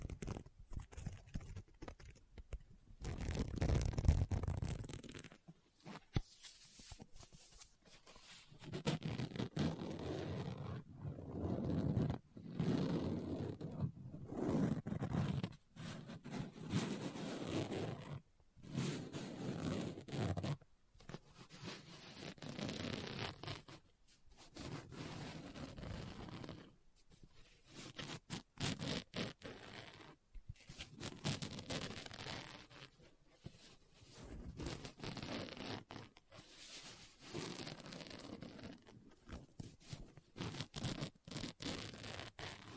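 Handling a book: scratching, tapping and page turning come in uneven bursts, each lasting a second or a few seconds, with short silent gaps between them. The scrapes are rough and hissy with a dull low thump underneath, and they continue irregularly throughout.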